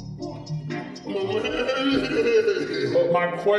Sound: laughs